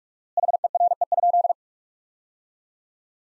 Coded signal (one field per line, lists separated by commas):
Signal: Morse code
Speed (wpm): 42 wpm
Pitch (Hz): 700 Hz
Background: none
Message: HERE?